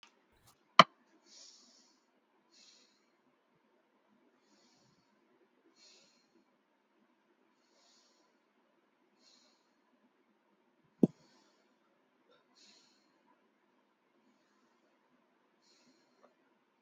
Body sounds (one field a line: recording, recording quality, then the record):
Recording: shallow breathing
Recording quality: excellent, no background noise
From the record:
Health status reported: healthy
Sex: female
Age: 43 years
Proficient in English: yes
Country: India